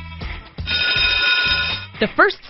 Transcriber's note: buzzer